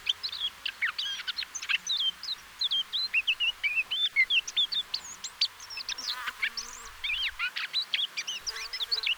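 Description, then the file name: Eurasian blackcap singing a steady, unbroken flow of varied whistled and chattering notes, with faint low background noise. "Sylvia atricapilla"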